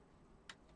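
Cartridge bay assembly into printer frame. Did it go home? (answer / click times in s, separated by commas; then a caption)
yes / 0.5 s. A plastic cartridge bay and damper assembly for a DTG Viper 2 printer is slid into its mount in the printer frame until the screw holes line up. A single short, sharp click sounds at 0.5 s over a low, steady background. The assembly is seated, clicked into place and secure when wiggled.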